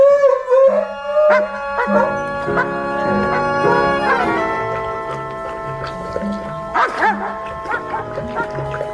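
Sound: dogs barking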